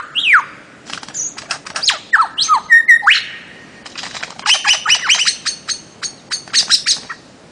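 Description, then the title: Bird-of-paradise song: a falling whistle, a jumble of sharp notes, then bursts of rapid buzzy chatter. Master song recording made for training songbirds. "Kicau Master Cendrawasih"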